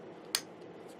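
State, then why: Seated. The stock retaining latch tab nearest the receiver on an airsoft sniper rifle is pulled back until it locks into place. A single sharp, bright click sounds at 0.4 s over a faint background hiss. The tab is seated and locked.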